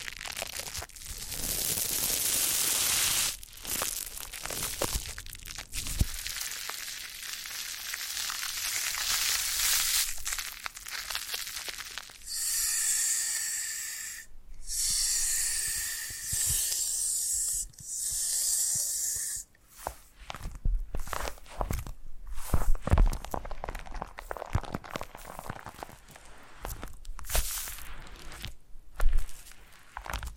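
Foam being rubbed and squeezed makes a bright, airy hiss with soft crunching and creaking, rising and falling in strokes throughout. From about 12 to 19 seconds the rubbing turns steadier with a squeaky tone, then breaks into irregular scrunches and pops until the end.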